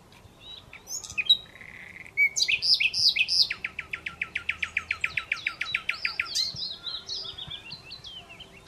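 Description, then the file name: Common Nightingale song: varied opening notes, then a long rapid series of repeated chirping strokes, followed by a run of high whistled notes. "Luscinia megarhynchos"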